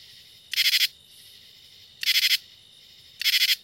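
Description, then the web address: Common True Katydid singing three scratchy bursts, each made of four or five quick pulses, spaced a little over a second apart. "The Songs of Insects. Common True Katydid"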